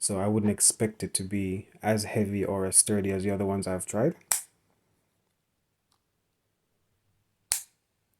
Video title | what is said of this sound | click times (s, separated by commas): SilverCrest STSK 2 B2 BEST Wireless Earphones/Earbuds For £25 - Cheap Everyday Tech E05 (2020) | and there's a satisfying clip that people like hearing it | 7.5 s